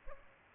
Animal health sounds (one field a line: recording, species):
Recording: mosquito wingbeat signal from an infrared sensor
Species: Culex pipiens